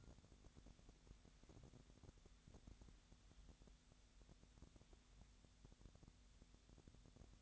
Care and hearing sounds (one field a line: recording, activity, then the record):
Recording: daily activity, microphone in the room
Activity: wipe stove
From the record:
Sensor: 3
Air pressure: 1007.0 hPa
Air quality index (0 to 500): 206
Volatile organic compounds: 18 ppm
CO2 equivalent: 2633 ppm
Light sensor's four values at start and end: 12/28/11/11 and 12/27/11/11